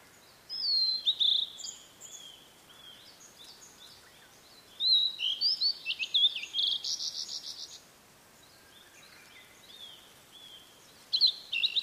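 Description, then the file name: Blue-and-white flycatcher song, high clear whistled phrases ending in harsh buzzy bursts, delivered in three spaced bouts across the recording. "oruri"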